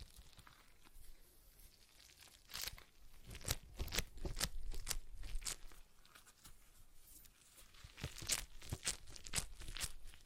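A stress ball is squeezed in quick crinkly, crunching bursts, busiest from about 2.5 to 5 seconds and again near 8, over faint low rumble.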